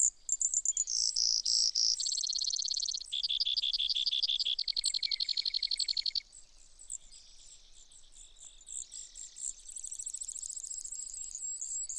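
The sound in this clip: Brewer's sparrow song: a series of fast trills stepping down in pitch, then fainter high buzzy phrases in the second half.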